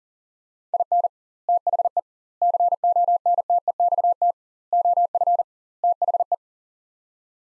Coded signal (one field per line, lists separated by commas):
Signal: Morse code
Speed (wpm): 40 wpm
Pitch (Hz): 700 Hz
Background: none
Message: IN THE CONTEXT OF THE